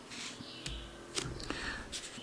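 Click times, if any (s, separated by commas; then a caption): 1.2 s. An expandable, adjustable filter adapter ring is opened, placed on the front of a 72 mm lens and twisted onto its filter thread, with soft handling rustle and brief sharp ticks around 0.7, 1.4 and 1.5 s. The ring locks onto the lens with a crisp click at 1.2 s and is seated.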